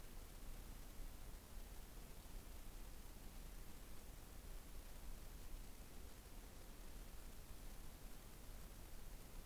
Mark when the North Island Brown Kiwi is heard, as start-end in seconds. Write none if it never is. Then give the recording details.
none. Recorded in New Zealand on 15 November 2013. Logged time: 00:43. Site BV22